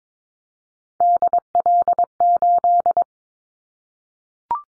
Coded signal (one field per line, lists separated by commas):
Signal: Morse code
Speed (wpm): 22 wpm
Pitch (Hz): 700 Hz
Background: none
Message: DL8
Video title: Callsign Prefixes in Top 50 DXCC 22wpm